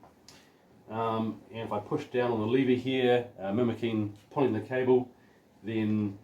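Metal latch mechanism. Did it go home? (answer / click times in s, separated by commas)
yes / 0.0 s, 0.3 s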